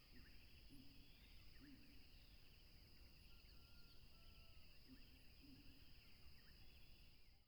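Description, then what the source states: Crickets sing a steady shrill two-pitched trill; low, brief hoots come in pairs twice, and a deep continuous rushing sound lies beneath. Tropical river setting.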